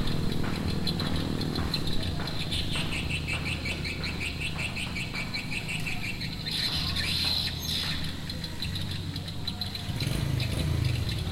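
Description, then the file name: Swallow twittering, quick high chirps in rapid uneven bursts, partly masked by a loud steady low hum and rumble throughout. "golondrinas"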